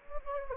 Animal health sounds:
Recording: mosquito wingbeat signal from an infrared sensor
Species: Anopheles gambiae

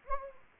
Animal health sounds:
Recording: mosquito wingbeat signal from an infrared sensor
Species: Anopheles gambiae

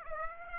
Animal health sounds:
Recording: mosquito wingbeat signal from an infrared sensor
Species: Aedes aegypti

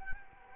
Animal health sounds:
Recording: mosquito wingbeat signal from an infrared sensor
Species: Culex quinquefasciatus

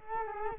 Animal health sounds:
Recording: mosquito wingbeat signal from an infrared sensor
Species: Culex quinquefasciatus

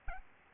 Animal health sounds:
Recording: mosquito wingbeat signal from an infrared sensor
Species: Aedes albopictus

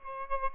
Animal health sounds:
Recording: mosquito wingbeat signal from an infrared sensor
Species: Aedes albopictus

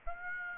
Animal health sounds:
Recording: mosquito wingbeat signal from an infrared sensor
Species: Aedes aegypti

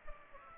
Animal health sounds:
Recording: mosquito wingbeat signal from an infrared sensor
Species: Aedes aegypti

